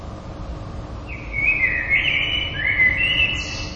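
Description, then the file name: Common blackbird song beginning after a quiet second: a smooth, low fluting phrase, then a second warbled phrase closing with a high, scratchy twitter. "merles"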